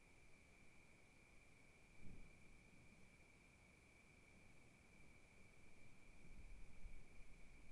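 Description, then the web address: Continuous high cricket trill held at an even pitch, beneath a low wind rumble with a brief gust near two seconds and stronger gusts later. Wilderness crickets at night at Kiger Lookout, Oregon, recorded in 2015 with gentle wind gusts. "Sonniss com - GDC 2018-Game Audio Bundle Discover Oregon - Wilderness Crickets Crickets 2015 Kiger Lookout Night Crickets Gusts Gentle"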